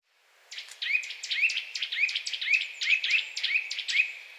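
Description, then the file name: Eurasian nuthatch giving a quick series of upslurred whistles, roughly two per second. "Sitta europaea"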